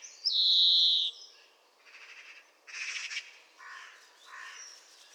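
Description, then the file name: European greenfinch producing one drawn-out, wheezy buzz near the start, followed by softer, scratchy, rasping notes. "Chloris chloris"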